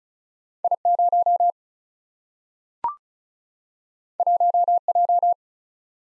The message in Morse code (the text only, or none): I0 1J